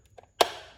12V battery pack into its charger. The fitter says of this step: So you just slide it in there. You got to push a little hard and you hear a click.